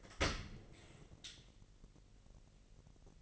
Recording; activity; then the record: daily activity, microphone in the room; open dishwasher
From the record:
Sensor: 4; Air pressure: 1001.4 hPa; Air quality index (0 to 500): 249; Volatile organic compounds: 45 ppm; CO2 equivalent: 3221 ppm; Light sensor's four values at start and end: 8/18/7/6 and 8/18/7/6